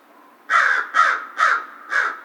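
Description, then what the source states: American crow giving four rough caws in steady succession, roughly half a second apart, each slightly drawn out. Recorded on 2 March 2010.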